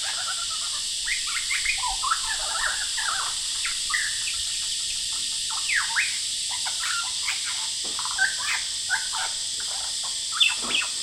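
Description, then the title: Lyrebird song of scattered downslurred whistles and sharp chirps, against a continuous buzzing wall of cicadas. Male, singing vigorously outside a window at Horsfield Bay, New South Wales, Australia, 23 January 2017, with cicadas calling; noise reduction applied. "Lyrebird - Horsfield Bay NSW, Jan 23 2017"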